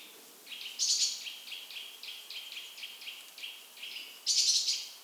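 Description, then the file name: Great tit giving a rapid run of short, even notes at a steady mid-high pitch, framed by a harsh buzzy burst near the start and another at the end. "Parus major"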